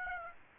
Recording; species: mosquito wingbeat signal from an infrared sensor; Aedes aegypti